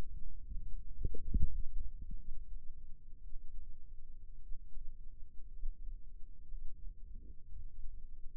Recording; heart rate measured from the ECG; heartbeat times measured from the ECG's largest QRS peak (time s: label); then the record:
heart sounds by microphone in the left ear; 59 bpm
0.31 s: heartbeat
1.23 s: heartbeat
2.17 s: heartbeat
3.22 s: heartbeat
4.41 s: heartbeat
5.52 s: heartbeat
6.49 s: heartbeat
7.49 s: heartbeat
From the record:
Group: healthy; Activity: rest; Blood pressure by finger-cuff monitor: 127/69 mmHg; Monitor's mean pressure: 92 mmHg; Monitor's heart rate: 61 bpm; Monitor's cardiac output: 5.8 L/min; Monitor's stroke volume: 98 mL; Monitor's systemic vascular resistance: 1160 dyn s/cm5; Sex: male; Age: 22 years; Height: 181 cm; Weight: 79 kg